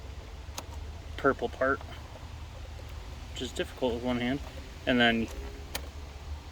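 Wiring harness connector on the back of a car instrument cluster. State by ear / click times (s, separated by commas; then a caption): released / 5.8 s. Someone talks while working on the plastic wiring harness connector on the back of the instrument cluster of a Mk1 Audi TT. They push its tab up, pull down the purple locking slide, then push it until it clicks. A sharp tick sounds near 0.6 s, and the release click lands at 5.8 s, freeing the connector so it can be unplugged.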